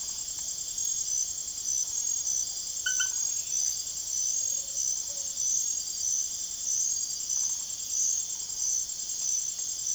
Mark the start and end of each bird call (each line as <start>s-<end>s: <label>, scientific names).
4.07s-5.50s: Megascops choliba